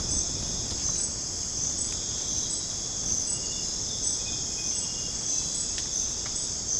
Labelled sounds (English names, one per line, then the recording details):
none
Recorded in dense forest near Puerto Asís, Putumayo, Colombia, on 30 June 2025 at 03:30
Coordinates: 0.486, -76.317
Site G065